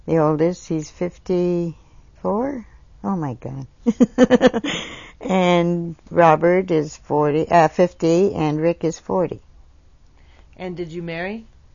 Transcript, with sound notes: the eldest, he's fifty four? Oh my goodness. (laughs) And Robert is forty, uh, fifty. And Rick is forty.
And did you marry?